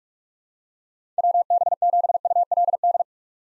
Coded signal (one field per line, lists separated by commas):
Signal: Morse code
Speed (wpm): 42 wpm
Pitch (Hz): 700 Hz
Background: none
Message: WB7ULD